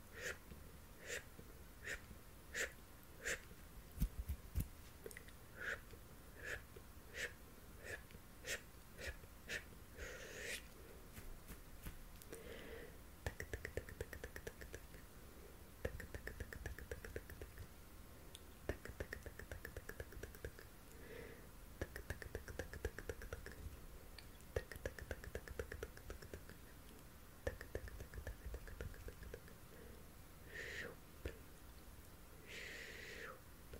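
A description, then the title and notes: Hand movements and mouth sounds: a run of sharp clicks and snaps comes quickly through the first ten seconds, then gives way to soft, breathy rustling and wet mouth noises that swell and fade in bursts. Isolated clicks keep returning, with a low rumble beneath. ASMR PLUCKING NEGATIVE ENERGY, HAND MOVEMENTS AND MOUTH SOUNDS, PERSONAL ATTENTION, CAMERA TOUCHING.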